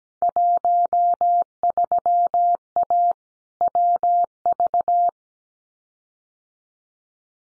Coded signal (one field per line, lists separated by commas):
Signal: Morse code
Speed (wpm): 17 wpm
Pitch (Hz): 700 Hz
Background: none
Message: 13A WV